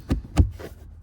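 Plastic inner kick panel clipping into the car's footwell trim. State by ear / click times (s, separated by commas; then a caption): not seated / none. A plastic inner kick panel is handled into the footwell trim of a 2010 Mazda3 BL hatchback 2.5L during a cabin air filter replacement, one end slid into its slot before the other end is pressed in to lock. Two dull knocks land at about 0.1 and 0.4 seconds, followed by a fainter rustle over a low hum. Nothing has seated or clicked yet.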